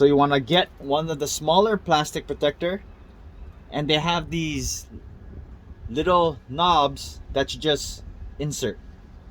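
A small plastic protector for a tire snow chain is handled, its little knobs being lined up to insert into the chain. Someone talks throughout, with only faint background noise between phrases. Nothing has seated or snapped into place yet.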